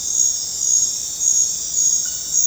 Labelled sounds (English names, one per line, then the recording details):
none
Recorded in dense forest near Puerto Asís, Putumayo, Colombia, on 26 December 2024 at 23:00
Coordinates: 0.468, -76.322
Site G071